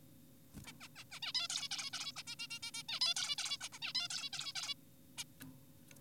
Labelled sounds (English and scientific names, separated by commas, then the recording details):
Zebra Finch (Taeniopygia guttata)
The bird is an adult
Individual g4p5U